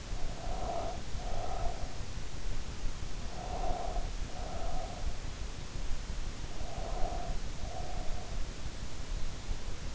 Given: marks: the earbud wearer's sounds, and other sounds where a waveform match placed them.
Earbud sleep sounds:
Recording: sounds in sleep by an in-ear microphone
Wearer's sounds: breath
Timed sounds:
0.00-2.13 s: breath
3.25-5.27 s: breath
6.57-8.67 s: breath

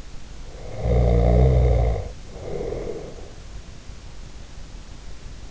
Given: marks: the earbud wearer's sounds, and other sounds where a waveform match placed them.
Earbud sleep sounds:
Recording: sounds in sleep by an in-ear microphone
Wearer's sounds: snoring breath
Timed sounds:
0.57-3.56 s: snoring breath

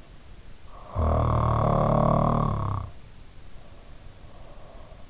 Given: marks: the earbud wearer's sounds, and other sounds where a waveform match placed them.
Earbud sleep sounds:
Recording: sounds in sleep by an in-ear microphone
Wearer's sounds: snoring breath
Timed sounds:
0.62-4.91 s: snoring breath

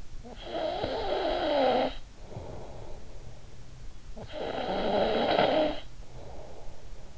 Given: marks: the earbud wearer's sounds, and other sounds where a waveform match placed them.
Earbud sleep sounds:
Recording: sounds in sleep by an in-ear microphone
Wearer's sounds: snoring breath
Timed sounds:
0.20-3.58 s: snoring breath
3.72-7.17 s: snoring breath

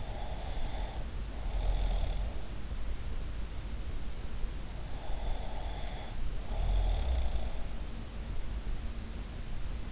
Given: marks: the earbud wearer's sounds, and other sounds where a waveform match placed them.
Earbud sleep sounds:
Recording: sounds in sleep by an in-ear microphone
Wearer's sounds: snoring breath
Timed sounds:
0.00-2.50 s: snoring breath
5.04-7.75 s: snoring breath

